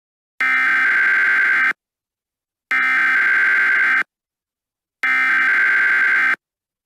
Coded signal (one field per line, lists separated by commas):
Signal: Emergency Alert System (SAME) tones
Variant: header bursts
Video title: EAS Scenario - Double Threat: SCP-106 & -280